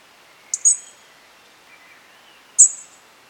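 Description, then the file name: European robin giving thin, very high-pitched calls, one at about half a second and another near two and a half seconds, with faint lower chirps between. "Erithacus rubecula"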